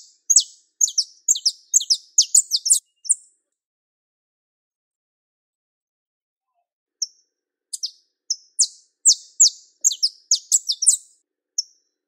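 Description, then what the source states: Belgian canary singing fast runs of high sweeping chirps, a long silent pause, then another energetic chirping phrase. Pure Belgian canary, song.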